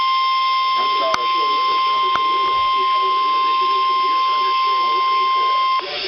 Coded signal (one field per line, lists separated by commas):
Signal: Emergency Alert System (SAME) tones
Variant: 1050 Hz attention tone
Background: speech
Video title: EAS Alert #16 - Severe Thunderstorm Warning #7 5/11/14